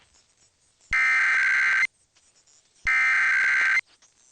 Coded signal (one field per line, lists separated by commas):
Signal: Emergency Alert System (SAME) tones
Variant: header bursts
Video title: KDKA-AM Required Monthly Test (EAS #756) 8/16/23